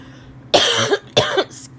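Two abrupt, forceful coughs about half a second apart from an adult woman who was recently ill. Each is a harsh burst with a voiced tail, followed by a brief breathy exhale. A plain cough in a quiet small room, with no wheeze or stridor between the bursts.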